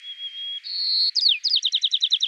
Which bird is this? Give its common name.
White-crowned Sparrow